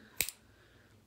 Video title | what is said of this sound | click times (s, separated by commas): Unloading the Syringe | usually we'll hear a click hear that click | 0.2 s, 0.3 s